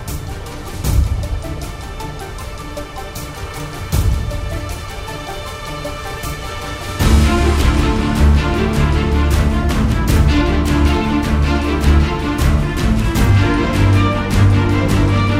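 Epic music with heavy drum hits landing around one, four and seven seconds over a dark, sustained backdrop. At about seven seconds it swells into a louder, fuller section with deep low notes and rapid, regular percussion that continues to the end.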